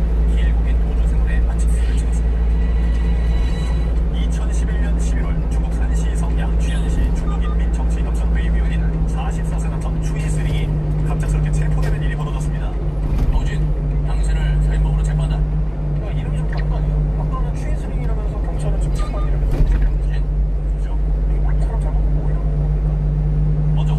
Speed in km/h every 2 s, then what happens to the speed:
57, 57, 56, 56, 53, 51, 50, 51, 50, 49, 50, 52.
0-24 steady at about 51.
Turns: none.